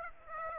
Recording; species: mosquito wingbeat signal from an infrared sensor; Aedes aegypti